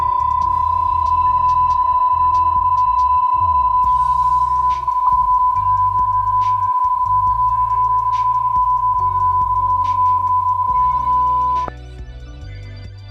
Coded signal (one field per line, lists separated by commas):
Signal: PSK31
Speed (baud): 31.25 baud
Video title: CURSO BÁSICO MULTIPSK Capítulo 4 - Los modos PSK (BPSK - QPSK)